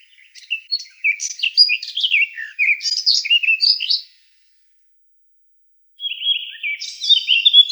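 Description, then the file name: Eurasian blackcap song: a rich warbling phrase of quick varied notes, a pause, then another phrase begins. "Slavka chernogolovaja"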